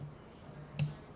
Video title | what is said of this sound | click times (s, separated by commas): Magician Bob Elliot Lecture At Mario Gonzalas Magic On The Mountians Part 2 | you hear the click in the jacket and then you hear the click here so it's click click and then down and it's that fast | 0.8 s